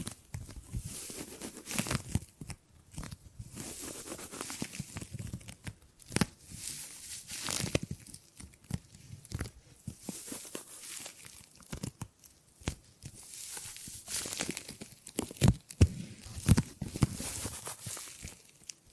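Gripping and grabbing sounds made of irregular rustles, crinkles and sharp tearing-like scrapes. Bursts come every second or so, some bright and crackly, others duller, with brief quiet gaps between. A few louder grabs stand out near 6, 15 and 16 seconds.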